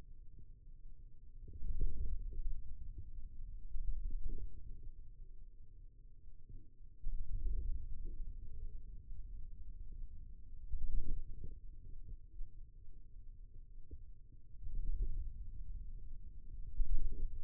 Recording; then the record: forearm muscle sounds (acoustic myography)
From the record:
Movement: wrist flexion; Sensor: system 2, bracelet of six BSWA MPA416 microphones around the upper forearm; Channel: 3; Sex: male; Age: 22 years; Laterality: right